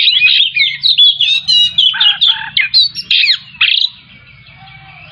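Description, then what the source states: Oriental magpie-robin song, a fast run of loud varied whistles, slurred notes and harsh buzzy phrases, pausing after about four seconds, with a low hum underneath. Kacer Tretes variety, singing vigorously in the gacor style.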